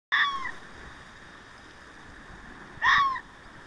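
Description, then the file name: Fox giving two short, husky barks almost three seconds apart against a quiet hiss. Recorded 6 June 2024. "キツネ 240606"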